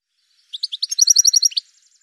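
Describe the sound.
Bird giving a quick, evenly spaced series of many short high chirped notes lasting just over a second.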